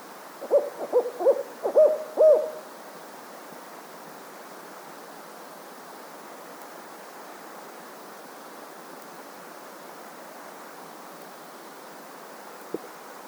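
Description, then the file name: Fulvous owl giving a quick run of several low hoots at the start, followed by about ten seconds of quiet hiss and one faint click. Recorded at S M Papalo. "Strix fulvescens S M Papalo"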